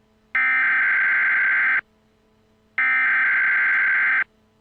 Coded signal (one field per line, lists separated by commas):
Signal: Emergency Alert System (SAME) tones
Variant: header bursts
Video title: NATO End of the World EAS Alert